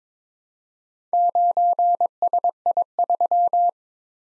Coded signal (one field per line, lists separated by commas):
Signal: Morse code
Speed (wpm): 22 wpm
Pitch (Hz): 700 Hz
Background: none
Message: 9SI3